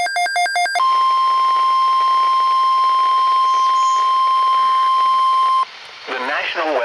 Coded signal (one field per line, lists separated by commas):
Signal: Emergency Alert System (SAME) tones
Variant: 1050 Hz attention tone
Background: speech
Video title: RUN FOR IT AGAIN... EAS Alerts from 5/29/19 (EAS #2,539 - 2,552)